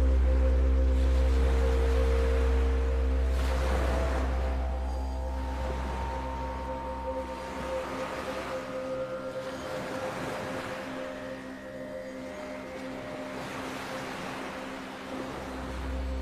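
Relaxing sleep music with ocean waves: long sustained tones hold steady throughout, with a deep low drone underneath. Soft washes of surf swell and recede roughly every three seconds, and a few faint higher notes glide in over the middle.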